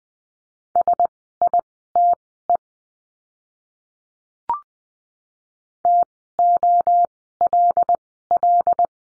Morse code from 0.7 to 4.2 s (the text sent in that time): SITE